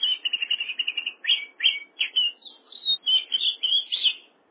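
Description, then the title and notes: Oriental magpie-robin singing a rapid series of clear whistled notes and chirps, each phrase quickly following the last. "suara kacer. kumpulan suara burung kacer"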